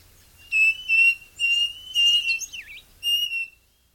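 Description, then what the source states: Striped cuckoo calling with a series of five steady, pure whistles, mostly about half a second apart with a longer pause before the last, and a short looping, wavering note near the end. Recorded in South America.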